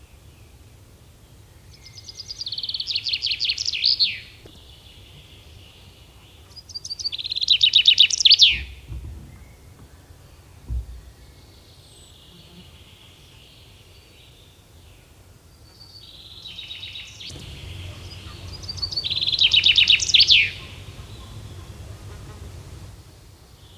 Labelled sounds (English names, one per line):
Common Chaffinch song